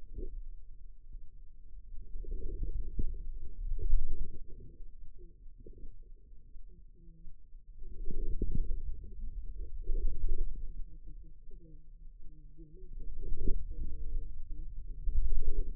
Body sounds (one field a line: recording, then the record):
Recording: forearm muscle sounds (acoustic myography)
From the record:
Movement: wrist extension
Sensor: system 2, bracelet of six BSWA MPA416 microphones around the upper forearm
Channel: 3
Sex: female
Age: 25 years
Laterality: right